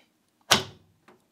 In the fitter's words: just like that and sometimes you don't hear that strong of an audible click sometimes